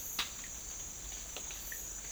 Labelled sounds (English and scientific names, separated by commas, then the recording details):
none
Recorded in dense forest near Puerto Asís, Putumayo, Colombia, on 12 March 2025 at 10:00
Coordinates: 0.500, -76.322
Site GP06